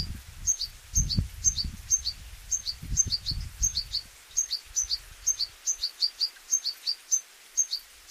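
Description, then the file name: European goldfinch giving high tinkling call notes, clustered in short doublets and triplets, over intermittent low rumbling background noise. "Carduelis carduelis"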